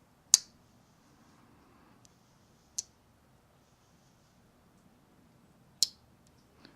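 A Northfield #85 slipjoint pocketknife with a Frontier dyed buffalo bone handle, a factory second, has its blade worked open and shut against the backspring. Two sharp, loud snaps come at 0.3 s and 5.8 s, with a softer tick at about 2.8 s and faint clicks in between. The blade seats firmly with a crisp snap each time.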